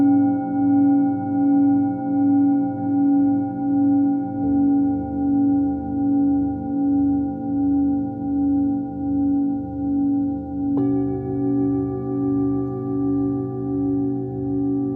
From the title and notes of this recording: Tibetan Singiing Bowl のサウンドヒーリングチャンネル LIVE.